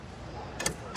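While a Siberian husky is being measured at a dog show workshop, the movable part of a dog measuring stick is pushed into its locking position over a steady low background hum. Two sharp clicks come at 0.6 s and 0.7 s as the part seats and locks in place.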